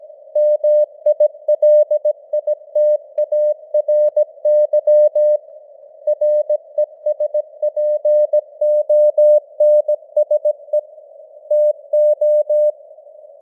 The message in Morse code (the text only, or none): MILITARY RESPONSE TO